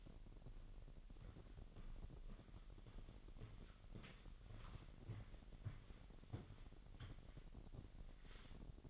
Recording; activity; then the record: daily activity, microphone in the room; walk to room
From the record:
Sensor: 4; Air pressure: 1013.1 hPa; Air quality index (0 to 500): 244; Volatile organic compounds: 4 ppm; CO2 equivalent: 1622 ppm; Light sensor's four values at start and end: 37/88/36/36 and 21/51/20/23